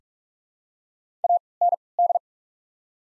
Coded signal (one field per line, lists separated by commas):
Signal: Morse code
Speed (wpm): 46 wpm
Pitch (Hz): 700 Hz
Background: none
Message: AND